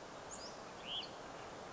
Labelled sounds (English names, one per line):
Hutton's Vireo